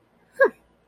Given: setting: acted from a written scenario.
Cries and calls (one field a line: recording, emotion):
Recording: vocal sound without words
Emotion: contempt